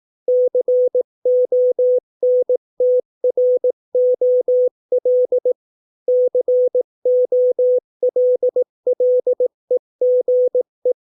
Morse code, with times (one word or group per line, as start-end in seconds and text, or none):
0.3-5.5 CONTROL
6.1-10.9 COLLEGE